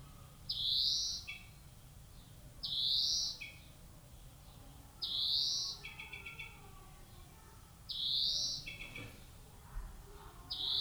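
European greenfinch giving drawn-out rising wheezy notes, repeated roughly every two to three seconds, each ending in a short lower buzz.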